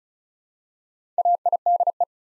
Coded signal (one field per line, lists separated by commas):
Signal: Morse code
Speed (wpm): 36 wpm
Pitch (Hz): 700 Hz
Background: none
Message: AIDE